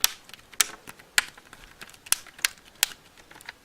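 The plastic back cover of a Samsung Galaxy Tab 3 10.1" (P5200/GT-P5210/P5220) is pressed shut into the tablet frame by working round the edge during a battery change. Its retaining clips snap in one after another with sharp clicks at 0.0, 0.6, 1.2, 2.1, 2.5 and 2.8 seconds, among fainter ticks. The cover seats, though the first pass does not click every clip.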